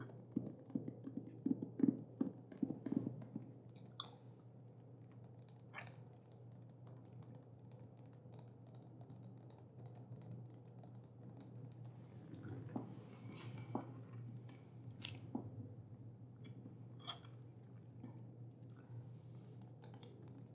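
A librarian checks through and prepares books, with soft handling sounds, light taps and clicks scattered across the clip. A cluster of quick knocks comes near the start, then quieter rustling and occasional sharp clicks over a steady low hum.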